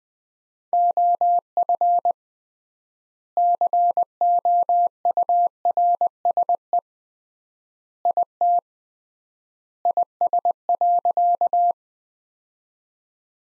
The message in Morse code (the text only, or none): OF COURSE IT IS.